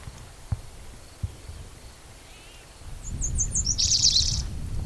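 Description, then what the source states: Spotted Towhee song, brief sharp whistled notes leading into a harsh buzzing trill near the end, over a low rumbling background. Individual number 8 at Black's Creek, June 16, 2010, around 4:30 in the afternoon.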